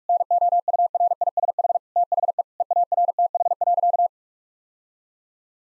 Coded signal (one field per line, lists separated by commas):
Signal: Morse code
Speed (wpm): 41 wpm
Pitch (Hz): 700 Hz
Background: none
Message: NOURISH THE EARTH.